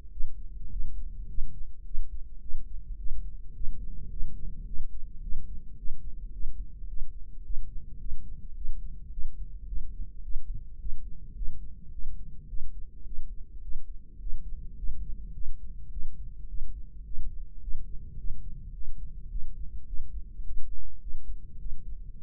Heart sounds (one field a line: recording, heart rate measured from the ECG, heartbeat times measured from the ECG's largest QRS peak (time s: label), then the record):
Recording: heart sounds by microphone in the right ear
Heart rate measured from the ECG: 106 bpm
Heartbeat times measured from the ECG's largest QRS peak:
0.13 s: heartbeat
0.73 s: heartbeat
1.31 s: heartbeat
1.87 s: heartbeat
2.43 s: heartbeat
3.00 s: heartbeat
3.57 s: heartbeat
4.13 s: heartbeat
4.68 s: heartbeat
5.24 s: heartbeat
5.79 s: heartbeat
6.35 s: heartbeat
6.90 s: heartbeat
7.46 s: heartbeat
8.02 s: heartbeat
8.57 s: heartbeat
9.13 s: heartbeat
9.69 s: heartbeat
10.25 s: heartbeat
10.81 s: heartbeat
11.38 s: heartbeat
11.94 s: heartbeat
12.50 s: heartbeat
13.07 s: heartbeat
13.64 s: heartbeat
14.22 s: heartbeat
14.79 s: heartbeat
15.36 s: heartbeat
15.93 s: heartbeat
16.50 s: heartbeat
17.06 s: heartbeat
17.63 s: heartbeat
18.20 s: heartbeat
18.76 s: heartbeat
19.32 s: heartbeat
19.88 s: heartbeat
20.45 s: heartbeat
21.03 s: heartbeat
21.61 s: heartbeat
22.20 s: heartbeat
From the record:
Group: healthy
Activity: rest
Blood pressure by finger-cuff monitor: 173/76 mmHg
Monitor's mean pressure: 99 mmHg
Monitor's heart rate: 107 bpm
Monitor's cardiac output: 9.9 L/min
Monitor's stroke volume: 93 mL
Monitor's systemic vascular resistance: 750 dyn s/cm5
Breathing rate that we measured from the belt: 17 breaths a minute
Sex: male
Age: 21 years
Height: 175 cm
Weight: 72.6 kg